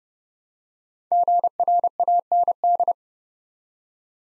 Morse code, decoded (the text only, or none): GRAND